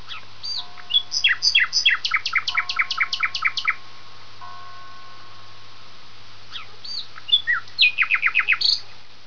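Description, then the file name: Common nightingale delivering a long run of fast repeated notes, then a pause and a second brisk phrase; faint steady tones and a low hum sit in the background. "usignolo"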